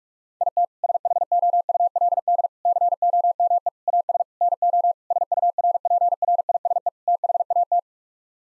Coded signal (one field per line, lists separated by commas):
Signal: Morse code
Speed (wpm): 41 wpm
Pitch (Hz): 700 Hz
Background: none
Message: IT SHOULD COME AS NO SURPRISE THAT